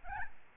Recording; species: mosquito wingbeat signal from an infrared sensor; Aedes albopictus